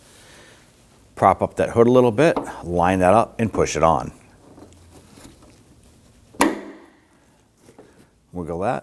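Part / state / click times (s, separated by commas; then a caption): hood lift support socket onto upper ball stud / seated / 6.4 s. On a 2003-2014 Volvo XC90, with the hood propped up slightly, the upper socket of a hood lift support is lined up with the ball stud on the hood and pushed on. It seats with a single loud, sharp snap at 6.4 s, then it is wiggled to check. Someone talks before the snap and again after it.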